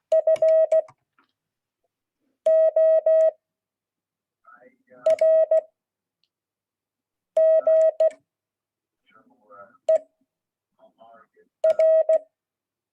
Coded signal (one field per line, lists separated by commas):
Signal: Morse code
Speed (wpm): 16 wpm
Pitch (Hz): 640 Hz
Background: speech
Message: FORGER